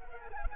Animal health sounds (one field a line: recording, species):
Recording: mosquito wingbeat signal from an infrared sensor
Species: Culex quinquefasciatus